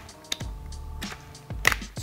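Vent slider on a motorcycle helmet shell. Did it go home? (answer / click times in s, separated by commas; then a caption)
yes / 0.3 s, 1.7 s. Plastic vent closures on a NEXX X.WED2 motorcycle helmet shell are slid by hand, each giving a short, sharp click at 0.3 s and 1.7 s, with softer sliding scrapes and a low background hum between them. Each click shows the vent slider has seated and is secured in position.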